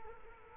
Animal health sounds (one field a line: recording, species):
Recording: mosquito wingbeat signal from an infrared sensor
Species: Culex quinquefasciatus